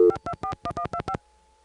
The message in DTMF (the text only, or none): 241125